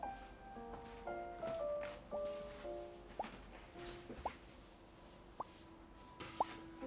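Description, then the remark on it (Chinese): Water drips from an air conditioner into a bucket, four clear hollow plops falling roughly a second apart over a faint, steady background hum with soft tonal notes. “空调在滴水， 对， 空调在滴水，你听到？”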